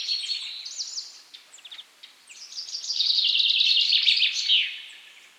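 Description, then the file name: Common chaffinch singing a fast, bright trill of repeated notes that tumbles downward into a closing flourish, with a faint broken phrase at the start and light background hiss. "Fringilla coelebs"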